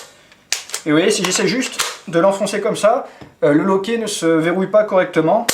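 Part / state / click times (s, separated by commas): magazine into airsoft rifle magazine well / partly seated / 0.5 s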